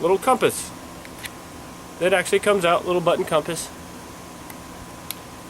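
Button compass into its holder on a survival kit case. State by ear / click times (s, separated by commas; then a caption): seated / 5.1 s. Someone talks while a small button compass, taken out of its holder on the back of a SOL survival kit case, is pushed back in. A sharp click sounds at 5.1 s as the compass locks securely into place.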